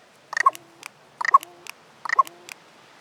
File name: Corvus corone - Carrion Crow